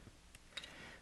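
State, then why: Seated. A single-board computer board is pressed down into its plastic case until it snaps in place, with the side connectors lining up with the openings. Two sharp clicks are heard at 0.4 s and 0.6 s, the second louder, followed by a faint hiss. The board is seated in the case.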